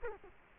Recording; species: mosquito wingbeat signal from an infrared sensor; Culex quinquefasciatus